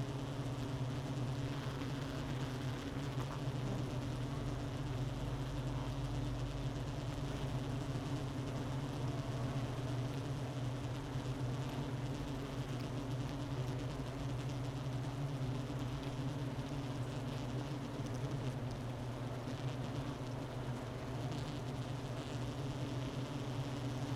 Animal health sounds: honeybee colony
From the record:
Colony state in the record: missing queen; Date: 31 May 2018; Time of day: 11:49

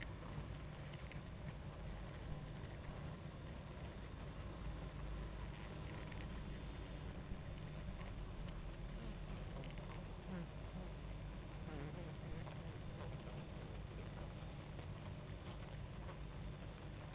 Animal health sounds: honeybee colony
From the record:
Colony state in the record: active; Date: 28 July 2017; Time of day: 21:33

